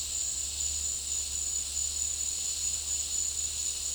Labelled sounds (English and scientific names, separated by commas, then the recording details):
none
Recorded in dense forest near Puerto Asís, Putumayo, Colombia, on 9 March 2025 at 10:00
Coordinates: 0.499, -76.324
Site GP03